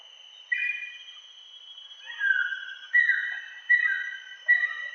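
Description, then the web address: Common paradise kingfisher call: a series of several loud, slightly harsh whistled notes against a faint steady insect hum. Recorded in Indonesia. "indonesian-bird-sounds Tanysiptera galatea"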